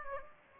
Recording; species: mosquito wingbeat signal from an infrared sensor; Aedes aegypti